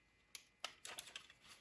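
A small plastic handrail is being handled and pushed toward the end of a PRR model caboose body, producing a few sharp, dry plastic ticks, with the strongest at about 0.6 s. A quick cluster of lighter taps follows from about 0.9 to 1.3 s. Nothing has seated or clicked into place yet.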